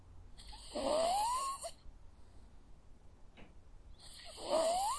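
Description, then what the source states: Dog snoring with two drawn-out wheezing breaths, each topped by a whistled tone that slides steadily upward. Dog sleeping.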